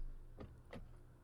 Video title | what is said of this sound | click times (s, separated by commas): How to Install Remote Start for a Nissan Altima (2013-2018) | And then go and push our pad back in. And this snaps right in. There's nothing to this. Oh, | 0.4 s, 0.7 s